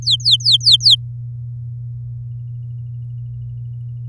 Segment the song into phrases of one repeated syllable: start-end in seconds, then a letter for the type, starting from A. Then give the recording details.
0.02-0.95 A. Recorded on 10 May 2018 at 16:24. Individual llb16